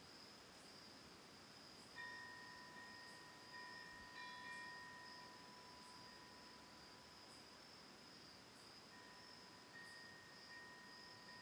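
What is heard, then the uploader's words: A steady, high cricket trill runs through the night air for the whole clip. A single windbell strikes around two seconds and rings clear and long, fading by five seconds, then sounds softly again near the end. Faint high chirps recur throughout. Autumn Night: Ithaca, New York. From a lakeside home in Ithaca, New York. Sounds of crickets, birds and a single tolling windbell (Cosanti Bells) create the backdrop for a peaceful autumn night.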